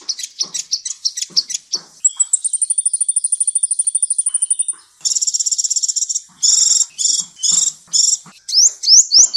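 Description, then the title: Hummingbird making varied high sounds: quick chips, a long thin buzzy trill, harsh buzzing bursts, and rising squeaky notes at the end. "kolibri"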